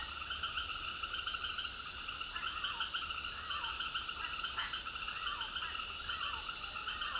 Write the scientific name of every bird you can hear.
Amazona ochrocephala